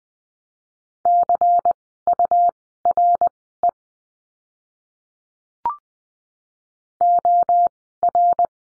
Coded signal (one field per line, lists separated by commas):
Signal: Morse code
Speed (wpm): 20 wpm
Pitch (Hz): 700 Hz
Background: none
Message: CURE OR